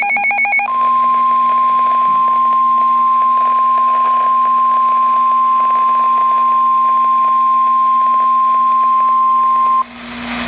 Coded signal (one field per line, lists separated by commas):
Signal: Emergency Alert System (SAME) tones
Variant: 1050 Hz attention tone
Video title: Severe Thunderstorm Warning (EAS #681)